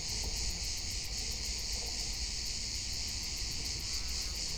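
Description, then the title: Crickets produce a continuous, piercing pulsed trill, a dense chorus of many insects with low-frequency rumble underneath. Many crickets dominating the soundscape on a mountaintop at Capella de Sant Jordi, Sant Llorenç de la Muga area, during a summer excursion, with no human-made sound. "Grillos Capilla Sant Jordi"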